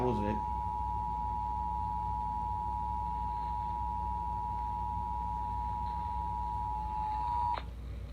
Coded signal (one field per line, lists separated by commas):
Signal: Emergency Alert System (SAME) tones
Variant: 853 and 960 Hz attention tone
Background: speech